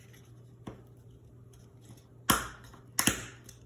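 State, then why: Seated. The final side wall of a plastic board-game vehicle storage tray, with its finger tab next to the logo, is lined up and squeezed into the tray. A faint tap comes at 0.7 s, then sharp plastic snaps at 2.3 s and 3.0 s, with a quick second crack just after. The side wall seats and snaps into place.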